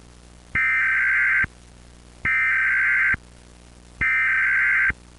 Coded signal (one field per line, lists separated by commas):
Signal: Emergency Alert System (SAME) tones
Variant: header bursts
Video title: SCP EAS 001 WDB.mp4